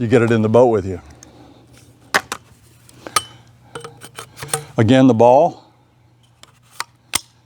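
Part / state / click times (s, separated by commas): paddle shaft section into paddle ferrule joint / seated / 7.2 s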